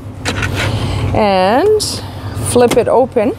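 On a 2017 Ford Super Duty F-350 4WD Crew Cab 176" Lariat pickup, the rear seat cushion is unlocked and flipped up to expose the under-seat cargo space, with faint handling noises under a low hum while someone talks. The cushion is being raised toward its upright lock position, but nothing has seated or clicked yet.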